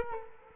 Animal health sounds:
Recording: mosquito wingbeat signal from an infrared sensor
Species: Culex quinquefasciatus

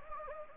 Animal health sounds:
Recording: mosquito wingbeat signal from an infrared sensor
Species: Anopheles gambiae

